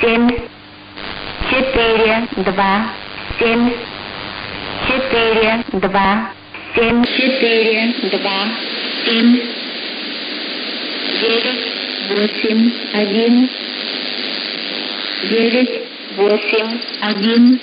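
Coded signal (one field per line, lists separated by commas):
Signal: numbers station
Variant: S06s, Russian female voice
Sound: female voice reading short word groups with pauses over shortwave hiss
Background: radio static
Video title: 27 04 2021 Number station S06s Russian Lady in Russian to Eu 0740 on 11560 unknoan tx site in CUSB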